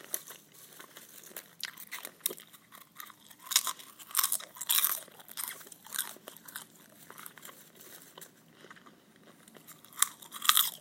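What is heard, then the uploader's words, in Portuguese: Crisp chewing with irregular crunchy bites, louder bursts around four to five seconds and near the end, over a quiet background. Mastigação/ eating.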